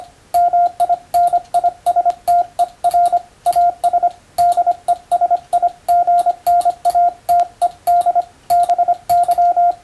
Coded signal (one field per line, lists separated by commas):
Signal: Morse code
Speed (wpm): 25 wpm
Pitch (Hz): 700 Hz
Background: radio noise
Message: MINISTER AS DESIGNATED BY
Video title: 【モールス符号を打電せよ！】欧文モールス信号１２５字／分、第一級総合無線通信士の電気通信術の練習です。モールスの受信練習に(practice for radiotelegraph operator)